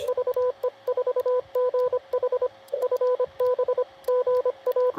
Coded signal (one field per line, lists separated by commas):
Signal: Morse code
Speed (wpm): 25 wpm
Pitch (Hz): 500 Hz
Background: radio noise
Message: VE4GH FB GA